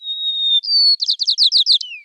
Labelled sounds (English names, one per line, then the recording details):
White-crowned Sparrow song
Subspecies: nuttalli
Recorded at Commonweal, California, in 2013
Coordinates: 37.915, -122.719
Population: north
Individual prboD_13